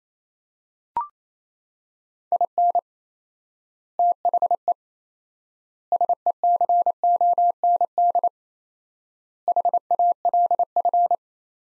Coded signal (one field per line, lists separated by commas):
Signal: Morse code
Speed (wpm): 28 wpm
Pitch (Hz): 700 Hz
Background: none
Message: IN THE SECOND HALF